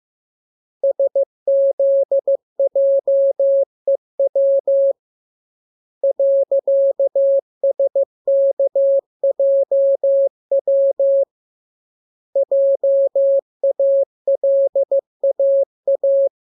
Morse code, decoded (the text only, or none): SZJEW .SKJW JALAA